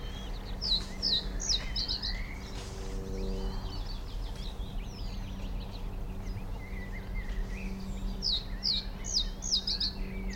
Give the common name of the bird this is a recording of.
Reed Bunting